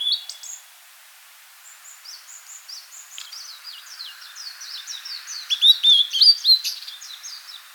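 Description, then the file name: Blue-and-white flycatcher song: a long run of soft, quick downslurred notes that swells into a louder whistled phrase near the end. "Cyanoptila cyanomelana"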